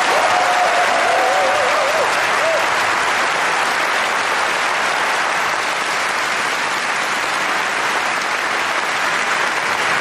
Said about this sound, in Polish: W związku z tym mam nadzieję, że wszyscy wiedzą, dlaczego tutaj dzisiaj przyszli wspaniali muzycy Narodowej Orkiestry Symfonicznej Polskiego Radia. Poproszę o oklaski dla nich.